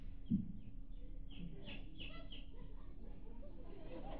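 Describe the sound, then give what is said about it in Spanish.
A few short, faint bird calls, clucking and chirping like a chicken, come in a quick cluster over a steady low background hum. “Es un pollo, cabrón.”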